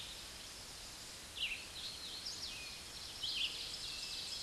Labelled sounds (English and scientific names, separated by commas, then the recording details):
Hooded Warbler (Setophaga citrina) song
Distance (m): 40 m
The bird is about 5 m above the microphone
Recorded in a Pennsylvania forest on 16 May 2024 at 06:29
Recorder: AudioMoth, point MSD-2201
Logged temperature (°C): 15.5 °C
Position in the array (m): 143 m, 89 m